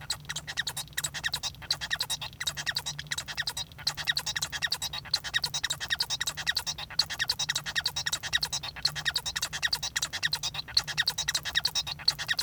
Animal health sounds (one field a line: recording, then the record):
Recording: song of a male Bengalese finch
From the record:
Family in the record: son of father 1